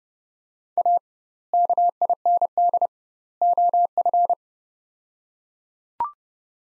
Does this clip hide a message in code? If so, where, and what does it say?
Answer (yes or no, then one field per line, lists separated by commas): yes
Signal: Morse code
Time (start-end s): 0.8-4.3 s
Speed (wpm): 30 wpm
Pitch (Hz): 700 Hz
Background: none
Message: A KIND OF